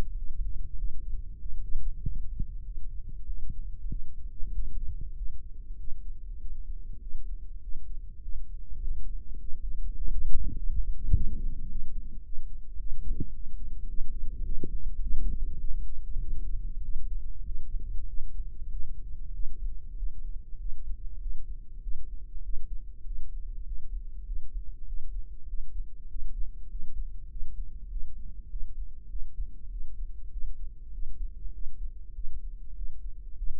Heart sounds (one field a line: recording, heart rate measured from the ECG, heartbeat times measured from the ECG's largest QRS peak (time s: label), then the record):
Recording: heart sounds by microphone in the right ear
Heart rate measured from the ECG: 99 bpm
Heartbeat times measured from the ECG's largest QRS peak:
0.17 s: heartbeat
0.78 s: heartbeat
1.40 s: heartbeat
2.02 s: heartbeat
2.65 s: heartbeat
3.27 s: heartbeat
3.91 s: heartbeat
4.54 s: heartbeat
5.17 s: heartbeat
5.79 s: heartbeat
6.40 s: heartbeat
7.01 s: heartbeat
7.63 s: heartbeat
8.23 s: heartbeat
8.82 s: heartbeat
9.40 s: heartbeat
9.98 s: heartbeat
10.57 s: heartbeat
11.13 s: heartbeat
11.69 s: heartbeat
12.25 s: heartbeat
12.79 s: heartbeat
13.34 s: heartbeat
13.89 s: heartbeat
14.44 s: heartbeat
15.02 s: heartbeat
15.61 s: heartbeat
16.21 s: heartbeat
16.84 s: heartbeat
17.46 s: heartbeat
18.08 s: heartbeat
18.71 s: heartbeat
19.34 s: heartbeat
19.97 s: heartbeat
20.60 s: heartbeat
21.21 s: heartbeat
21.82 s: heartbeat
22.44 s: heartbeat
23.06 s: heartbeat
23.66 s: heartbeat
24.27 s: heartbeat
24.87 s: heartbeat
25.48 s: heartbeat
26.10 s: heartbeat
26.70 s: heartbeat
27.31 s: heartbeat
27.91 s: heartbeat
28.51 s: heartbeat
29.10 s: heartbeat
29.71 s: heartbeat
30.32 s: heartbeat
30.93 s: heartbeat
31.54 s: heartbeat
32.15 s: heartbeat
32.76 s: heartbeat
33.37 s: heartbeat
From the record:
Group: healthy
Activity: cold pressor test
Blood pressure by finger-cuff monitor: 160/88 mmHg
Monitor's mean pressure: 105 mmHg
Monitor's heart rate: 98 bpm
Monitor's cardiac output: 7.8 L/min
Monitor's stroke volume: 79 mL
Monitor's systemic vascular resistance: 1010 dyn s/cm5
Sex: male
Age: 21 years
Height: 175 cm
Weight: 72.6 kg